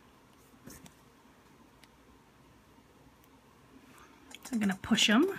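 Plastic safety eye backs are being handled and pushed toward the barbed stems of 7 mm safety eyes inside a rubber-band amigurumi toothbrush, with faint handling ticks over a quiet background while someone talks. The clip ends before any back goes home, so nothing has seated or clicked yet.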